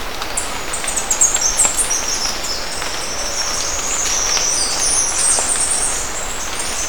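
Bird calls, very high, thin and wavering, run together in a near-continuous twittering stream with short sharp flourishes, over a steady low background hiss.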